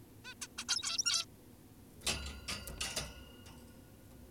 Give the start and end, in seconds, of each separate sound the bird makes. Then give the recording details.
0.25-0.34, 0.42-0.47, 0.58-0.65, 0.68-1.25. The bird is an adult. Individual g17y2U